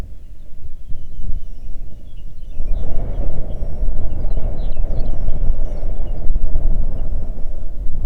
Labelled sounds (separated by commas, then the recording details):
songbird, wind
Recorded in the Arctic National Wildlife Refuge, Alaska, on 3 June 2019 at 05:03
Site 37